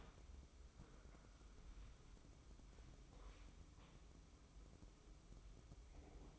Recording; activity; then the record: daily activity, microphone in the room; wipe stove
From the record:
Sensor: 1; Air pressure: 996.1 hPa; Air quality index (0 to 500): 74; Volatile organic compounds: 4 ppm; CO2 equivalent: 1538 ppm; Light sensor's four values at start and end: 30/107/40/42 and 29/104/39/41